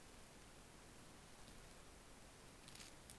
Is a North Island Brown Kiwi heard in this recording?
no